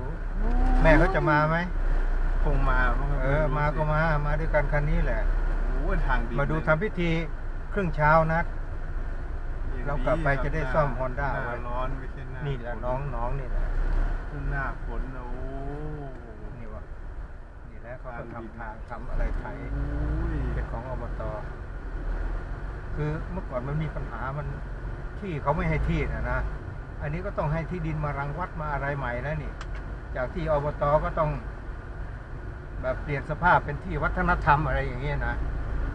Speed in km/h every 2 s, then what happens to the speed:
12, 13, 14, 15, 15, 14, 12, 12, 10, 7, 9, 10, 13, 15, 15, 16, 16, 18.
0-8 steady at about 14. 8-19 slows to 7. 19-36 speeds up to 18.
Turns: none.